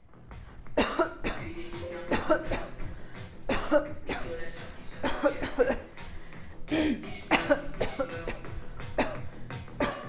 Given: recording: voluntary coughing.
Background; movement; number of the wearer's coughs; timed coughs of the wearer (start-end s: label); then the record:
music; walking; 14
0.75-1.08 s: cough
1.25-1.51 s: cough
2.09-2.41 s: cough
2.50-2.77 s: cough
3.47-3.87 s: cough
4.09-4.32 s: cough
5.01-5.33 s: cough
5.41-5.57 s: cough
5.57-5.87 s: cough
7.28-7.62 s: cough
7.78-8.07 s: cough
8.17-8.43 s: cough
8.96-9.19 s: cough
9.78-10.07 s: cough
From the record:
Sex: female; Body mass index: 22.6 kg/m2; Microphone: on the chest, facing outward